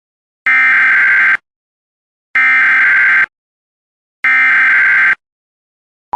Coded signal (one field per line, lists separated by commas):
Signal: Emergency Alert System (SAME) tones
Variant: header bursts